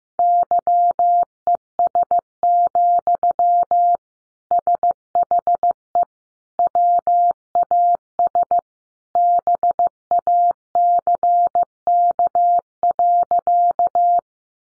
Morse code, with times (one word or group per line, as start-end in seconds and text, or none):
0.2-4.0 YES,
4.5-6.0 SHE
6.6-8.6 WAS
9.2-14.2 BACK.